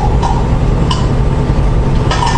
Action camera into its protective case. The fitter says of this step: can see putting the camera inside a new case really easy snaps right in